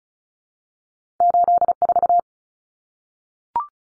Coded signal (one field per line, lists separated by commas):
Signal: Morse code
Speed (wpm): 34 wpm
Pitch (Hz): 700 Hz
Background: none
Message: 84